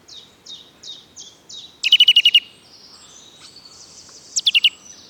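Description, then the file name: Eurasian nuthatch calling: a fast series of sharp, high whistled notes, then a quick run of loud ringing piping notes, with a second short burst near the end. "Sitta europaea"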